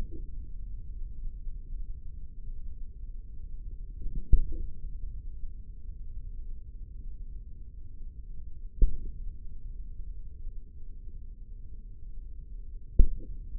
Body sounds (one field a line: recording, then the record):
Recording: forearm muscle sounds (acoustic myography)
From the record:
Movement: tripod grip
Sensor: system 3, bracelet of six PUI Audio POM-2738L microphones around the upper forearm, with dedicated amplification and filtering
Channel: 6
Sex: male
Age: 55 years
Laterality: right